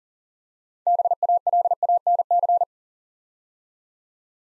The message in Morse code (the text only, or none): BALANC